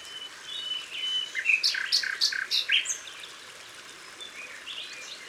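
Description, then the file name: Common Nightingale song phrase with several loud chirped notes in a short burst, followed by quieter soft twittering in the background. Recorded in Isère, France. "Rossignol-philomele-Concerts-naturels-de-l Isere-Studio-Les-Trois-Becs"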